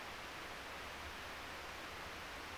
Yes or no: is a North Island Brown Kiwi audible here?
no